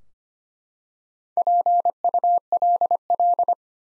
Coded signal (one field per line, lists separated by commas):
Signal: Morse code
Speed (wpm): 25 wpm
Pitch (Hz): 700 Hz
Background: none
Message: PULL